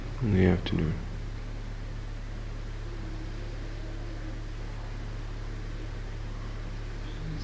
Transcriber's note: background whispering